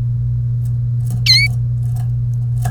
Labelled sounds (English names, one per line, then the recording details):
Domestic Canary song
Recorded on 1 May 2018 at 08:58
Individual llb3